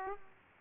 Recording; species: mosquito wingbeat signal from an infrared sensor; Aedes aegypti